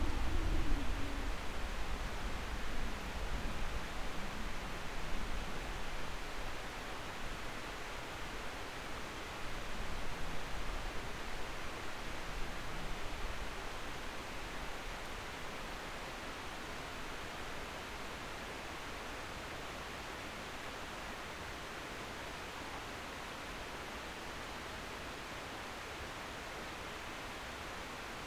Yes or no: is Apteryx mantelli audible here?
no